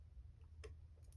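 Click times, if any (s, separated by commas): 0.6 s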